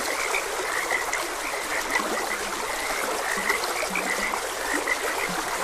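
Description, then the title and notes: Frogs call in overlapping short notes, with occasional low drawn-out croaks, while a stream trickles and rushes steadily underneath. Frogs croaking beside a gentle stream. "Frogs Croaking. Sleep and Relaxation Podcast"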